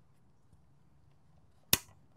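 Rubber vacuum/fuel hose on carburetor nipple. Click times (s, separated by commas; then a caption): 1.7 s. An old rubber vacuum/fuel hose on a carburetor nipple of a Subaru Sambar with a crank-no-start problem is twisted and worked by hand, with a low steady background hum. At 1.7 s the hose breaks free from the fitting with a single sharp snap that decays quickly, leaving it released and ready to pull off for the carburetor removal and replacement.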